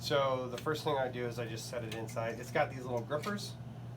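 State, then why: Not seated. An embroidery hoop is being set into the holder on an embroidery machine's arm, which has small grippers. Someone talks throughout over a steady low hum. The hoop has not seated or clicked into the grippers yet.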